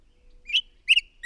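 Bird chirps, three quick bright high notes in about a second, clean and clear against silence.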